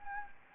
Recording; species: mosquito wingbeat signal from an infrared sensor; Anopheles gambiae